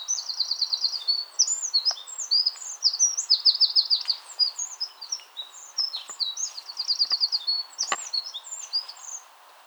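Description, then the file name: Eurasian wren singing a long, fast burst of shrill trills and chattering notes for around nine seconds, with a few sharp clicks and faint background noise. "Troglodytes troglodytes"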